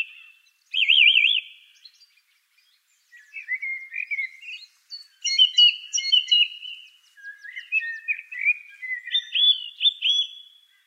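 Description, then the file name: Song thrush song opening with a fast zigzag trill, followed by a string of varied whistled and chattering phrases. "suara-kicauan-burung-song-thrush -omkicau"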